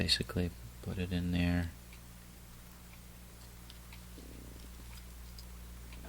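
Someone talks while pressing a plastic windshield and interior insert into the metal body of a 1/64 diecast 2010 #17 Crown Royal Purple NASCAR custom car. After the talking stops, only a few faint handling ticks are heard around 3.7, 3.9 and 5.4 seconds. The insert has not snapped into place yet.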